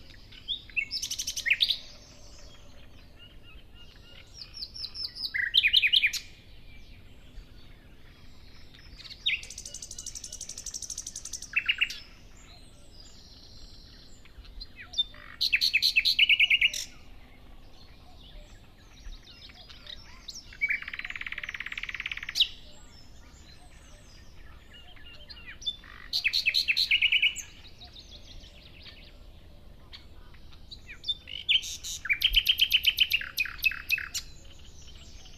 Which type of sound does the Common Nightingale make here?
song